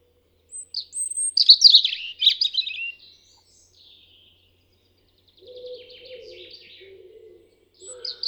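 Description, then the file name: European robin song phrase of high whistles and a quick twittering burst, a pause, then a quieter scratchy run of notes. "Erithacus rubecula"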